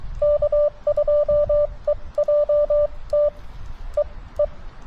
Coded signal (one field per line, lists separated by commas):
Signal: Morse code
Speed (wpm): 23 wpm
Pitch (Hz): 590 Hz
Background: none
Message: K2EJT E E